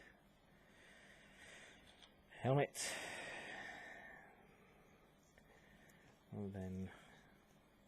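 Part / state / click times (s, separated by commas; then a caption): plastic helmet part onto model kit figure / not seated / none. A plastic helmet part is handled and fitted onto a plastic Bandai MG Zaku Ver 2.0 model kit figure while someone talks, with a few faint handling ticks around 2.0 and 5.4 seconds. The clip ends before the helmet goes home, so nothing has seated or clicked yet.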